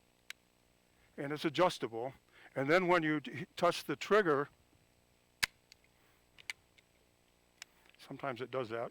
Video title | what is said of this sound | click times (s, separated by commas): Golondrinas Live Sessions - Gun Powder | if i pull the back trigger it will set the trigger you'll hear a little click | 0.3 s